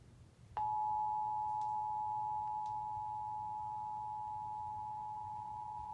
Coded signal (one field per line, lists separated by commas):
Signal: Emergency Alert System (SAME) tones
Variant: 853 and 960 Hz attention tone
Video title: WFAA Required Monthly Test With BRAND NEW EAS Screen/RMT VoiceOver (EAS #279).